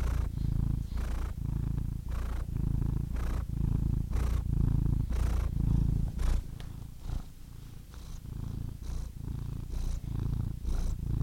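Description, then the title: Domestic cat purring, a rich low rumble with steady breath pulses, briefly softening midway before strengthening again. Compilation of cats ranging from kittens to old cats. "The Ultimate Compilation of Adorable Cat Meows"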